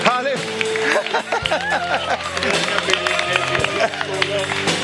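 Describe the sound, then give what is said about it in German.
A crowd at a Christian worship conference in a hall moves about on foot, walking and running, amid a dense hubbub of many voices and shouts, with steady sustained tones humming underneath throughout. “Komm, laufen wir noch mal ein bisschen.”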